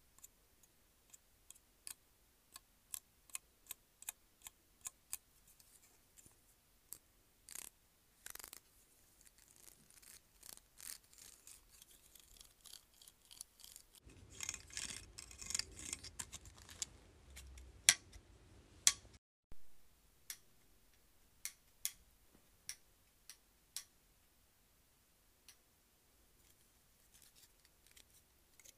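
Sharp plastic clicks and snaps from a claw clip being handled, with a denser rustling stretch around the middle.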